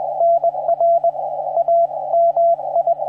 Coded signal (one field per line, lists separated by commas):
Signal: Morse code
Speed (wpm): 21 wpm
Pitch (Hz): 680 Hz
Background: radio noise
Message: NR A MI